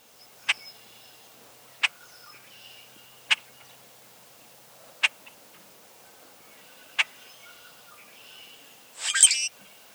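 Grackle giving several sharp, dry single chucks spaced well apart, then a louder harsh rasping burst near the end.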